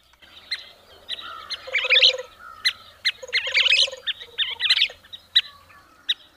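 Scissor-tailed Flycatcher producing bursts of harsh chatter and squeaky, sputtering notes, with sharp clicking calls scattered between the louder flurries.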